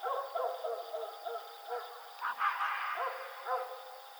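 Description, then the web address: Coyote yelps in a run of short arched notes, followed by a brief noisy burst and a few more wavering yips. Recorded 4 April 2006. "Coyote 2006 04 04 howl"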